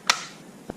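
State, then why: Released. A Genius 2 ear thermometer and its plastic carrier are grabbed and pulled apart, and the clip lets go with a sharp, secure click at 0.1 s. A fainter, short tap follows at 0.7 s. The thermometer is released from its carrier.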